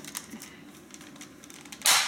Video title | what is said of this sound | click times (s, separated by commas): Cody's Nerf Gun Review Part 1/3 | but it actually didn't it just snaps out of this curve right here and that's a lock thing | 1.9 s